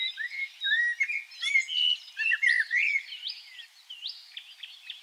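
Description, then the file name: Common blackbird song: mellow fluted notes running into rapid, high-pitched squeaky flourishes, with more twittering trailing off toward the end. "Turdus merula"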